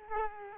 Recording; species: mosquito wingbeat signal from an infrared sensor; Culex quinquefasciatus